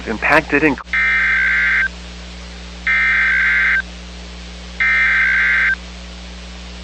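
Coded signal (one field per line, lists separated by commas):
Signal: Emergency Alert System (SAME) tones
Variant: header bursts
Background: speech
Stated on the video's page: Fictional EAS scenario for entertainment, using valid, loud SAME tones.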